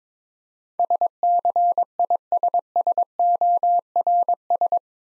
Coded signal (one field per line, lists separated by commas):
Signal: Morse code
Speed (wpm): 22 wpm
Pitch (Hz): 700 Hz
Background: none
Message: SCISSORS